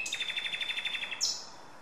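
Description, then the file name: Common nightingale song: a fast run of many identical clipped notes, ending on one sharp high note. "Luscinia megarhynchos"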